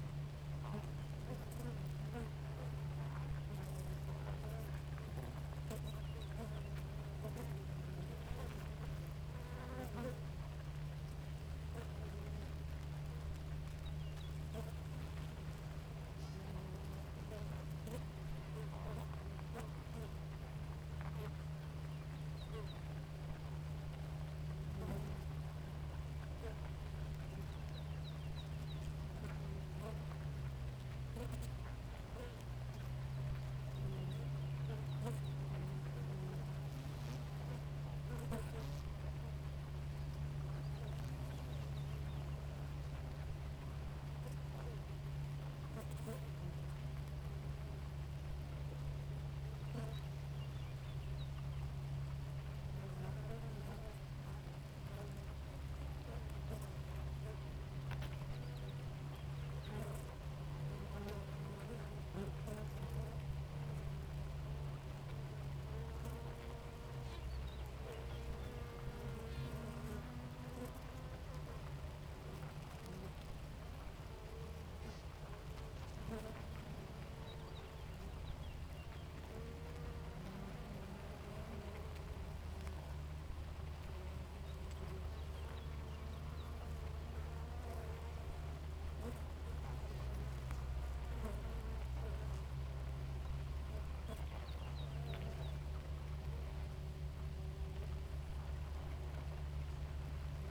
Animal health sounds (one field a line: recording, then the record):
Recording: honeybee colony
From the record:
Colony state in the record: active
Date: 28 July 2017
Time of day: 4:41